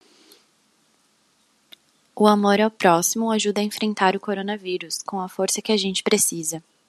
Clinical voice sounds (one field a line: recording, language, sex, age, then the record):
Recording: spoken sentence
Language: Brazilian Portuguese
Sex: female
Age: 20 to 29 years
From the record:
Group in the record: control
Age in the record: 25 years